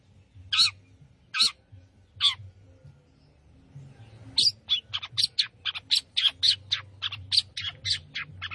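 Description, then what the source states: Long-tailed shrike song: three spaced harsh calls, a pause, then a quick series of varied scratchy notes. Singing lively (gacor).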